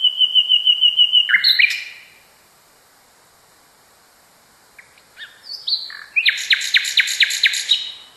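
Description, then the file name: Common nightingale song starting with a fast repeated high trill, a falling note, a pause, then quiet whistles building into a loud series of repeated strokes. Song variation. "kicauan-nightingale-a-variasi 6-omkicau"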